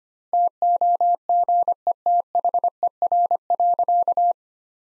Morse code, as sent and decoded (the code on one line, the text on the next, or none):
- --- --. . - .... . .-. .-.-.-
TOGETHER.